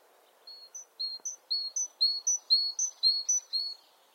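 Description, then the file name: Great tit song: clear whistled two-note phrases, a higher short note then a lower longer one, repeated several times in quick steady rhythm, growing louder. "Parus major"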